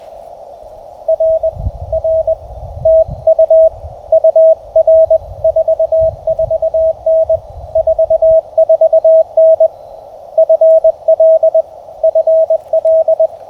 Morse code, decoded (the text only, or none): R R TU UR44N 44N FL FL